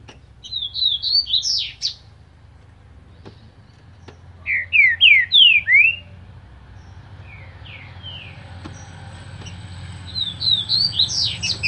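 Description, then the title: Green-winged saltator giving several whistled phrases of quick, down-slurred notes, a few seconds apart, over a low background hum. Singing trinca-ferro ('cantador') of breeder Cléber; recording labelled 'Voz 07'. "Canto De Trinca Ferro Voz 07. TRINCA FERRO CANTADOR CRIADOR CLÉBER"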